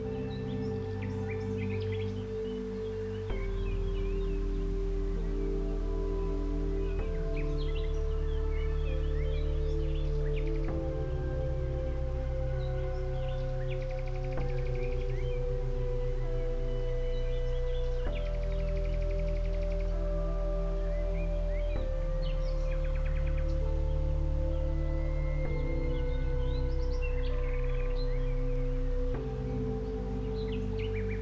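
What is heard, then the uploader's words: Slow, sustained music of low, resonant tones sounds, like a singing bowl or soft synth pad, with the chord shifting every three to four seconds. Light, scattered chirps and rustling flicker above it throughout, and the overall loudness stays even. Nature Sounds, Rustling Leaves & Relaxing Music In A Dreamy Meadow. Listen to the symphony of meditative music seamlessly blending with the natural sounds of birdsong and the delicate rustling of leaves beneath your feet.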